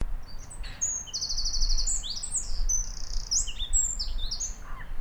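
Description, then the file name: Eurasian wren singing loud, high, rapid trills and sharp metallic notes strung together without pause, over steady low background noise. "Troglodytes troglodytes"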